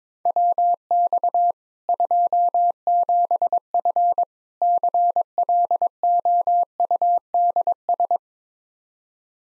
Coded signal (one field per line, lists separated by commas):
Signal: Morse code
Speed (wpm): 22 wpm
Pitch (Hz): 700 Hz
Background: none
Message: WX 27F CLOUDS